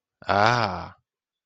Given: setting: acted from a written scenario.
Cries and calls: vocal sound without words; serenity

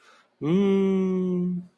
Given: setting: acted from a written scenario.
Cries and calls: vocal sound without words; realization

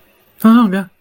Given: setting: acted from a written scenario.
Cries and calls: vocal sound without words; negative surprise

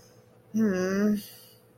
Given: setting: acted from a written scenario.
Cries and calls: vocal sound without words; guilt

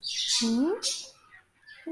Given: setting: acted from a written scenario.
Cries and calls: vocal sound without words; confusion

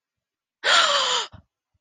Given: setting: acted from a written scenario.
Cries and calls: vocal sound without words; fear

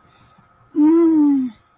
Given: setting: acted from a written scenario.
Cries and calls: vocal sound without words; desire

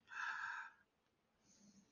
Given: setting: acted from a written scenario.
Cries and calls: vocal sound without words; fear

